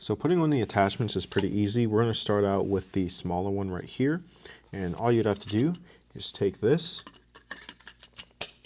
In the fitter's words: make sure that snaps into place